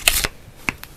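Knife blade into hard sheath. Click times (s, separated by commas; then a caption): 0.7 s. An M48 survival knife with an AUS-8 stainless steel blade is pushed into its hard plastic sheath, starting with a bright, rasping burst of sliding contact from about 0.05 to 0.3 seconds. A sharp snap at 0.7 seconds marks the blade locking into place, followed by a faint tick at 0.8 seconds. The blade is seated and held firmly, more securely than in a leather sheath.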